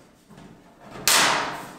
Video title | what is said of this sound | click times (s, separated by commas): How To Install Ductwork In A Basement - DIY Finished Basement Renovation | and just push down you might hear them snap like that and | 1.1 s